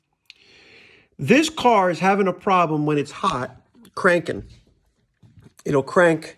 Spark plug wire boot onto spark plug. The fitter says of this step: don't break your spark plug but just push it into here to click if you don't get the click at least you know it's snug